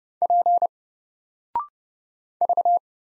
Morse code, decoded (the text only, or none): P V